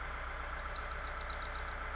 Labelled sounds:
Bewick's Wren (Thryomanes bewickii)

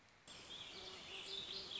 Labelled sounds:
Warbling Vireo (Vireo gilvus)

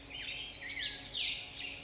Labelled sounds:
Black-headed Grosbeak (Pheucticus melanocephalus)

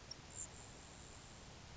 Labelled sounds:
Grasshopper Sparrow (Ammodramus savannarum)

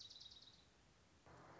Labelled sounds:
Orange-crowned Warbler (Leiothlypis celata)

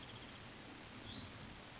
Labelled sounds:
Hutton's Vireo (Vireo huttoni)

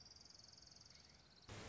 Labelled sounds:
Orange-crowned Warbler (Leiothlypis celata)

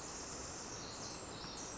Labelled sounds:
Pacific Wren (Troglodytes pacificus)

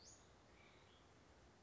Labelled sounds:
Western Flycatcher (Empidonax difficilis)

